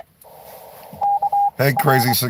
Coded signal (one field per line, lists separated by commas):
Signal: Morse code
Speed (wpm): 23 wpm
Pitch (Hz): 810 Hz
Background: speech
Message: K R